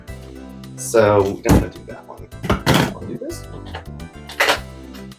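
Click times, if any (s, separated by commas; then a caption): 4.4 s. A section of a Hurricane 360 degree spin mop handle is twisted onto the next handle section until it locks. Someone talks over background music and soft handling thunks. A sharp click at 4.4 s shows the section has seated.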